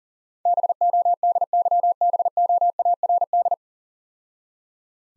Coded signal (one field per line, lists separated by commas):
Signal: Morse code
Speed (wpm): 37 wpm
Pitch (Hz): 700 Hz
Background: none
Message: BODYBOARD